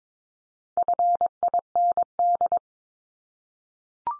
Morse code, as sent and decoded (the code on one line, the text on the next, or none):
..-. .. -. -..
FIND